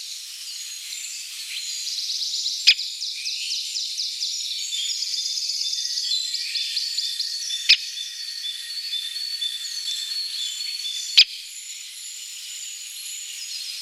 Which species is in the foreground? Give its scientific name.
Dendrocopos major